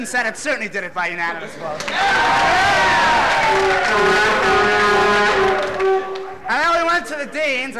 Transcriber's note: cheers